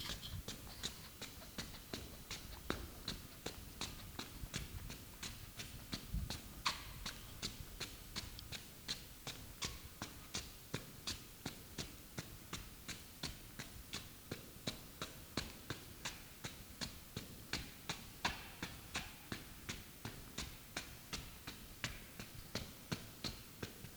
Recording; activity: daily activity, guitar pickup as the sensor; run